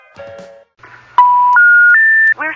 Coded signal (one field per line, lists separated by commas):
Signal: telephone call progress tone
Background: speech, music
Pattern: special information tone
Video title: Phone Phreaking: Excerpt from "Exploding the Phone" | Toy Whistles